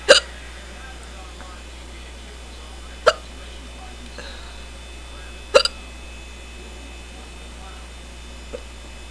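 Adult woman. Strong, hard hiccups, a few seconds apart, the strongest case in a long time, painful to her throat.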